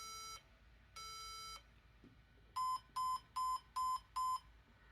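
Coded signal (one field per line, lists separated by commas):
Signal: beep code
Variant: HP business PC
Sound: long electronic beeps, the first cut off, then five short beeps near 1 kHz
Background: quiet room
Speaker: So, a 3.5 means that the processor was not detected. And obviously, there is no processor here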